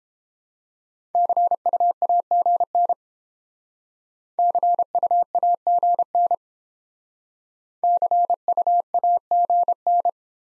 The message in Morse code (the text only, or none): CUAGN CUAGN CUAGN